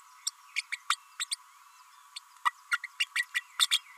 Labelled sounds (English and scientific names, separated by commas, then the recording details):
Green-rumped Parrotlet (Forpus passerinus) babbling
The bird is a female
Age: 32 days
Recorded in a nest box in Venezuela
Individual 17B32A5